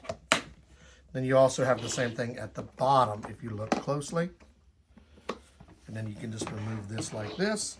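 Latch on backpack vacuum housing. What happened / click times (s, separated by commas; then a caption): The plastic housing latch snapped shut / 0.3 s. A plastic latch on the housing of a grey WORKPRO backpack vacuum cleaner is snapped shut by hand, giving a sharp, loud snap at 0.3 s, and the latch seats closed. Someone then talks, and a fainter short click is heard around 5.3 s.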